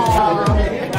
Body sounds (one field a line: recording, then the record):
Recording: background sound without coughing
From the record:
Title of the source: Nightlife Party Simulating Party Club Noise 1 Hour